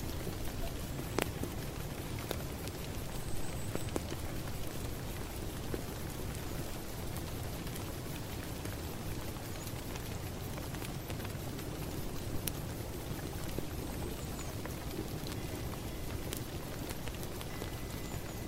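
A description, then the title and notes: Steady rain falls throughout, a dense, even hiss with a heavier low rumble underneath. Sharp drips and taps land at irregular moments, especially in the first few seconds and again around twelve seconds, over a constant wash that never changes in level. Peaceful Rain Sound, Rain Ambience. Sounds of rain.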